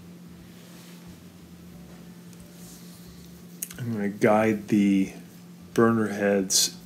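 A metal cover plate on a Kenmore stove top, put back on during a spark module replacement, is pushed down onto its retaining clips and snaps on with a sharp click at 3.6 s. A few softer ticks follow, then someone talks. The plate is seated on its clips.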